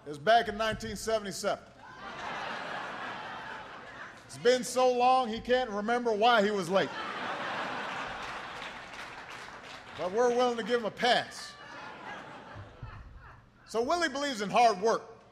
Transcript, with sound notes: It was back in 1977. (Laughter.) It's been so long he can't remember why he was late ---- (laughter and applause) but we're willing to give him a pass. So Willie believes in hard work.